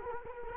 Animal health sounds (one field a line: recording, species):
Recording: mosquito wingbeat signal from an infrared sensor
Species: Culex quinquefasciatus